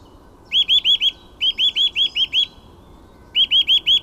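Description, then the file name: Eurasian nuthatch calling: loud, ringing whistled notes delivered in quick groups of four to six, separated by short pauses, over a faint steady background hiss. "Sitta europaea"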